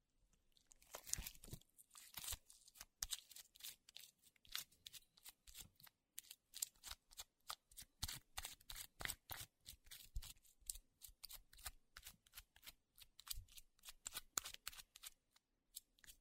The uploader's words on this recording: 史萊姆｜Slime.